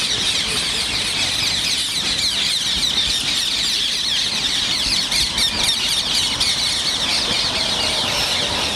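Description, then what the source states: Rose-ringed parakeets in a constant, dense chorus of shrill, squealing calls from many birds at once, a steady high wash of overlapping screeches with no pauses. Evening roost in three plane trees beside a small sports ground in central Mannheim, on the Neckar bank, around 19:30; introduced species native to sub-Saharan Africa and India.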